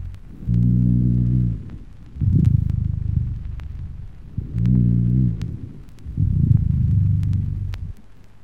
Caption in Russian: Громкие гудящие сухие хрипы у больного с эмфиземой легких и пневмосклерозом.